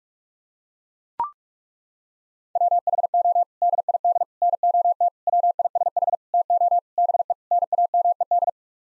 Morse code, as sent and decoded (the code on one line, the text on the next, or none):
.-- .... --- / -.. .. -.. / -. --- - / .-- .. ... .... / - --- / -... . / -. .- -- . -..
WHO DID NOT WISH TO BE NAMED